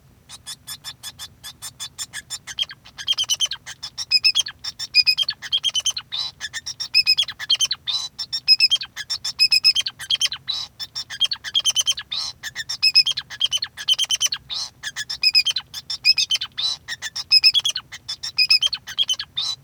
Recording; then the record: song of a male Bengalese finch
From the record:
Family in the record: son of father 2